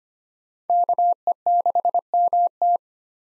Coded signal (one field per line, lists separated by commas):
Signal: Morse code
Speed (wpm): 25 wpm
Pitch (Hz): 700 Hz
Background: none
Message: KE6MT